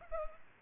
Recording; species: mosquito wingbeat signal from an infrared sensor; Culex pipiens